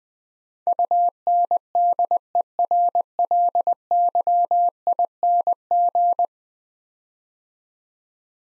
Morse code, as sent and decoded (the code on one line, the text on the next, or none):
..- -. -.. . .-. .-.. -.-- .. -. --.
UNDERLYING